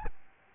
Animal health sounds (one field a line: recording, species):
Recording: mosquito wingbeat signal from an infrared sensor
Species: Aedes albopictus